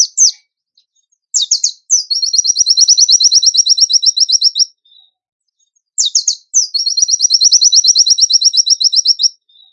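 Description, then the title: Bird song: two matching phrases, each opening with a couple of sharp high notes before a long, fast, even trill, with a pause between them. Bird song in the tembakan gacor style, used as masteran (training for other birds). "Masteran Burung Tembakan Gacor"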